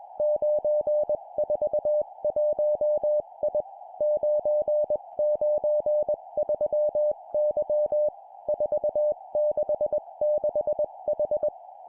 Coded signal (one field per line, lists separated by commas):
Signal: Morse code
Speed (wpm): 21 wpm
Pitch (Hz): 600 Hz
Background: music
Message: 941I 993Y 466H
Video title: 20wpm Four letter words number,number,number,letter, cw morse code course